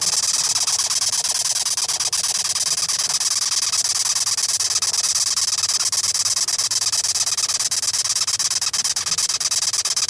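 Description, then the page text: Velvet ant scrabbling: steady, bright scratchy rustling with fast ticks, unbroken for the whole ten seconds. "Recording Of A Velvet Red Ant 4. Richard Devine (c) - the recording is of the insect crawling around inside a cardboard box, before I let it go back into my backyard. The Velvet Ant, also known as the "Cow Killer""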